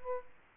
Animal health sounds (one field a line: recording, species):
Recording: mosquito wingbeat signal from an infrared sensor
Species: Aedes aegypti